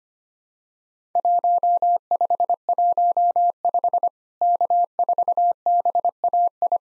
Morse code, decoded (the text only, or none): 1515 K4BAI